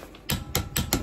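A click-type torque wrench set to 35 Nm, fitted with a long 13 mm socket, tightens a rear brake caliper bolt on a Scénic 4. After a quiet start, four sharp clicks sound at 0.3, 0.6, 0.8 and 0.9 seconds, showing the bolt has reached its 35 Nm torque.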